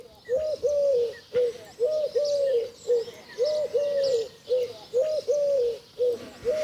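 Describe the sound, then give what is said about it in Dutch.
A Eurasian collared dove coos over and over, repeating its low, hollow three-note phrase in a steady rhythm, with faint birdsong in the background. “U hoort hier een Turkse tortel.”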